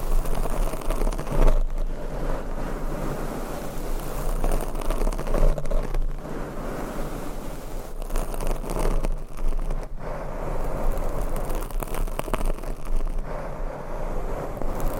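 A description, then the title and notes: Scratching and brushing against a microphone, a dense, continuous rustle with a deep rumble underneath that swells and ebbs like wind or surf. Strokes blur together, with brief breaks near 1.5, 6 and 10 seconds before the rasping resumes. ASMR Mic Scratching - Brain Scratching & Brushing on 8 Mics Asmr No Talking.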